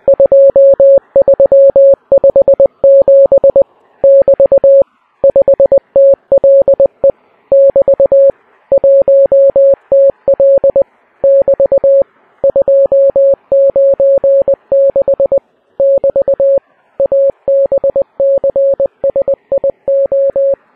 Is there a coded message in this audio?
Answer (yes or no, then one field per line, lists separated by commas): yes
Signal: Morse code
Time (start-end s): 0.1-20.5 s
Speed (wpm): 20 wpm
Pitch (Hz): 550 Hz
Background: music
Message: 2357 <BT> 5TLE <BT> 1TL <BT> 296 <BT> ABCSIO